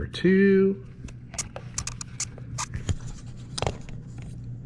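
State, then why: Seated. Someone talks briefly, then the number 2 stick ignition coil on a Gen 1 Suzuki Hayabusa is pushed down into the spark plug well of the motorcycle cylinder head. Several sharp clicks are heard, at about 1.8, 2.9 and 3.6 seconds, over a low steady hum. The coil seats.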